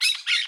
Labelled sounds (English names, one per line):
Brown-throated Parakeet contact call